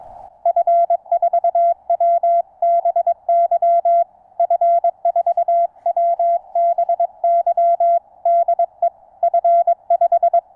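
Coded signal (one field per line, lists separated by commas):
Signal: Morse code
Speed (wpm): 22 wpm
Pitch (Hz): 680 Hz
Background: none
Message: F4WBY F4WBY DE F5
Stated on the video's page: Morse contact in French on 80m using NVIS propagation with a low-slung wire antenna.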